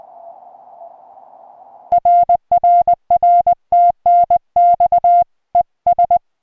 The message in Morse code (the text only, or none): RRR TNX ES